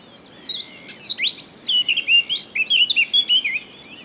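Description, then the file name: Eurasian blackcap song, a single lively phrase of rapid twittering notes that grows clearer and more fluty toward its end. "Sylvia atricapilla"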